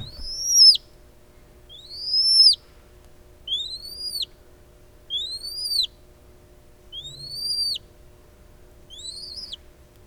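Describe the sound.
Noble snipe giving six loud arched whistles, each climbing then dropping sharply, spaced roughly every one and a half to two seconds against a quiet background.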